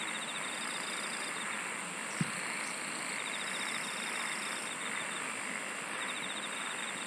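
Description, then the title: Insects trilling steadily in pulsed bursts, with a single sharp click and constant background hiss. "SINGING OF INSECTS"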